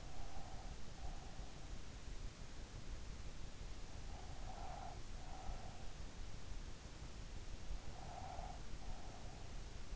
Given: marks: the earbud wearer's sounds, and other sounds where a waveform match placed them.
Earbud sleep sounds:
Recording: sounds in sleep by an in-ear microphone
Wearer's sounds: breath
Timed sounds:
0.00-1.83 s: breath
4.43-6.17 s: breath
8.11-9.74 s: breath

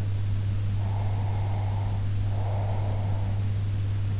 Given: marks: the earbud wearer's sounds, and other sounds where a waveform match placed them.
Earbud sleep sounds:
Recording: sounds in sleep by an in-ear microphone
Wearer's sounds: breath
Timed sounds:
0.72-3.41 s: breath

